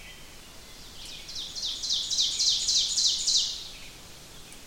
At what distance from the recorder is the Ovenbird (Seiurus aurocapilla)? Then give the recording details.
about 25 m. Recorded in boreal forest in Alberta, Canada, on 5 June 2016 at 05:41. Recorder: SongMeter 3, array SBT-3-51. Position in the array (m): 271 m, 119 m. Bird 28